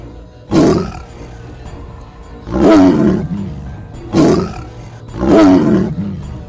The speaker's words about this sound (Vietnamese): Tiểu Ngũ liền chạy đến một khối đá lớn trên bờ, hướng về phía sương mù xa xa trên biển mà rống lên. Tiếng hổ gầm vang trời, còn lộ ra một cổ khí giận dữ.